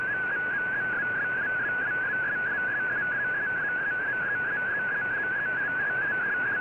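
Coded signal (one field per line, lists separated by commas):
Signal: multi-tone FSK (Olivia or MFSK type)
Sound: rapid warbling single tone hopping between close pitches, steady and continuous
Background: radio static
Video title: Voice Of America VOA Radiogram Mar 19 2017 on 11580Khz Shortwave Radio in MFSK16,32 with SSTV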